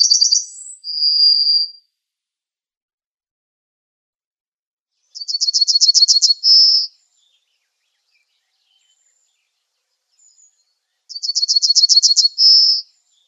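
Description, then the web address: Yellowhammer song: the tail end of one phrase, then two full strophes of rapid repeated chipping notes, each closed by a sustained wheeze, spaced about six seconds apart. "Schulze Peter Yellowhammer song"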